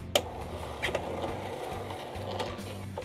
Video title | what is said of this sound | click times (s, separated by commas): BACK TO BACK CALLING CARD PRINTING - 300gsm - EPSON L8050 - The Printing Shock - Marlon Ubaldo | So actually kapag ka nalock nyo na to, automatic na yan eh. Nakagitna na talaga yan. | 0.2 s